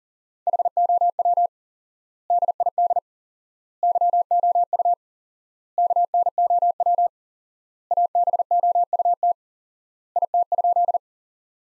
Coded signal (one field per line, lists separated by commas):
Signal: Morse code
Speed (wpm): 40 wpm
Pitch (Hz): 700 Hz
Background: none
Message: HOW DID YOU KNOW ABOUT IT?